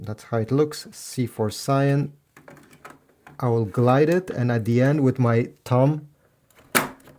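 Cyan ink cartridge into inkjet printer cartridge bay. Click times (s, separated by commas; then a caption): 6.8 s. A cyan ink cartridge is glided into its slot in the ink bay of a Brother MFC-J1410DW inkjet printer and pushed home with the thumb while someone talks, with faint small knocks in the pause. It clicks into place at 6.8 seconds with a sharp snap, and the cartridge is seated.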